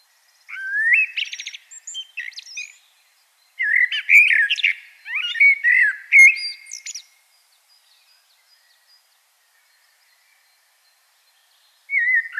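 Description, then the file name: Common blackbird song: mellow fluted warbling phrases mixed with high squeaky twitters, delivered in bursts separated by pauses, with a fresh phrase starting at the very end. "Turdus merula"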